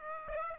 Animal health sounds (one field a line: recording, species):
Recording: mosquito wingbeat signal from an infrared sensor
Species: Aedes aegypti